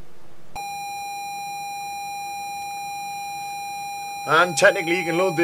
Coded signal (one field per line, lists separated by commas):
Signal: ZX Spectrum tape loading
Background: speech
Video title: Custom .TAP for ZX Spectrum